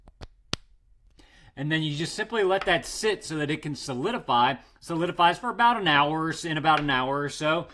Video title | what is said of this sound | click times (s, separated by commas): Say Goodbye to Store-bought Lip Balm | it's got that nice click too to let you know that it's closed | 0.5 s